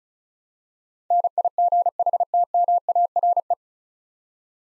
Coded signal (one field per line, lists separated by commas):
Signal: Morse code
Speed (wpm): 34 wpm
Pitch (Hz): 700 Hz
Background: none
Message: NIGHTMARE